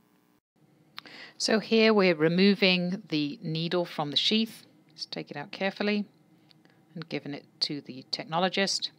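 A vacuum biopsy needle device is hubbed into its plastic introducer sheath, giving one sharp click at 1.0 s as it seats. Someone then talks through the rest of the clip, with a few faint ticks around 6.5 s.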